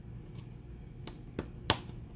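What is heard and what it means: The top plastic midframe cover of an S7 Edge smartphone, here in two pieces, is pressed down across the board onto the phone's frame. It gives sharp snaps at 1.1 s, 1.4 s and a loudest one at 1.7 s as it clicks in all the way across. The cover is seated in place.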